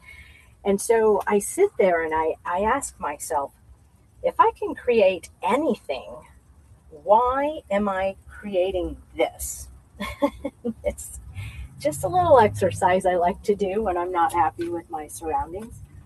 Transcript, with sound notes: and so I sit there and I, I ask myself, "If I can create anything, why am I creating this?" (laughs) It's just a little exercise I like to do when I'm not happy with my surroundings.